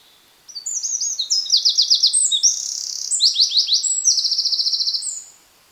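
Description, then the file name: Eurasian wren delivering a fast, shrill outpouring of high trills and metallic rattles, one continuous burst of nearly five seconds in a quiet background. "Troglodytes troglodytes"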